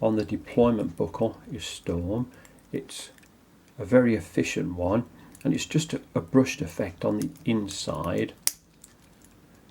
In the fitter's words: nice click on there but overall